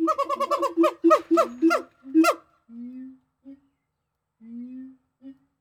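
Gibbon calls: a fast series of bright hooting notes, then slower, lower, rising hoots with gaps between them.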